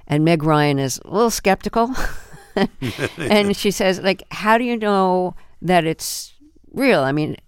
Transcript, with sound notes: And Meg Ryan is a little skeptical.
(LAUGHTER)
And she says, like, how do you know that it's real?